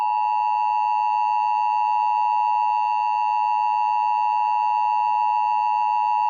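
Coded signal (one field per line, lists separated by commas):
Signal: Emergency Alert System (SAME) tones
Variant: 853 and 960 Hz attention tone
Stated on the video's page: Simulated EAS scenario.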